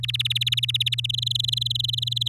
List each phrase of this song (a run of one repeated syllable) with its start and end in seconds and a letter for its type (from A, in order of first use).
0.03-1.11 A, 1.13-2.28 B